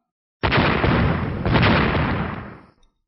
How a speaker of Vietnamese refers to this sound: Tay áo mặc nhiên rung lên, nhất thời có mấy tiếng sấm xuất kỳ bất ý vang lên.